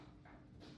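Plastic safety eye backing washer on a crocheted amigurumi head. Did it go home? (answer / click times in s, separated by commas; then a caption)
no / none. A plastic safety eye has been pushed through a chenille-yarn crochet amigurumi head, and its plastic backing washer is being pressed onto the post from inside. Soft, continuous handling noise is heard while someone talks. Nothing has seated or clicked yet.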